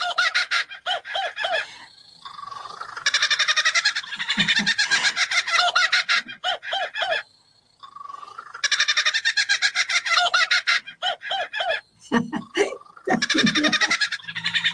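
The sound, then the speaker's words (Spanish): A bird mimics a kookaburra's laughing call: rapid, harsh repeated cackles rising into loud rolling bursts, with clucking notes between, repeating in two long waves. “Cualquier ave puede ser imitada, de hecho es una imitación casi perfecta que engaña a los propios imitados. Aquí la vulgarmente llamada cucaburra.”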